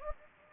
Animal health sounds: mosquito wingbeat signal from an infrared sensor; Anopheles gambiae

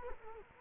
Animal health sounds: mosquito wingbeat signal from an infrared sensor; Culex quinquefasciatus

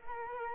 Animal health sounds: mosquito wingbeat signal from an infrared sensor; Culex quinquefasciatus

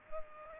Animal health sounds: mosquito wingbeat signal from an infrared sensor; Culex pipiens

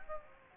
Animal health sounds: mosquito wingbeat signal from an infrared sensor; Aedes aegypti

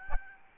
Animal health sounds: mosquito wingbeat signal from an infrared sensor; Aedes albopictus

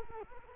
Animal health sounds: mosquito wingbeat signal from an infrared sensor; Culex quinquefasciatus

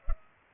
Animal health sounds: mosquito wingbeat signal from an infrared sensor; Culex pipiens

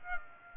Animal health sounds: mosquito wingbeat signal from an infrared sensor; Aedes aegypti

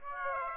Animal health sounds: mosquito wingbeat signal from an infrared sensor; Aedes aegypti

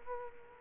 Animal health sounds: mosquito wingbeat signal from an infrared sensor; Culex quinquefasciatus

